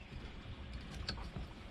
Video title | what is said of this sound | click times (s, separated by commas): How to assemble Ikea Sektion base cabinet - very detailed 2023 | And you're going to pull this back a little bit and press down. It'll snap in, see? | 1.1 s